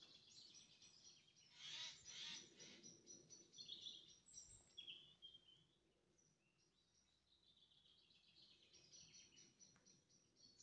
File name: Garrulus glandarius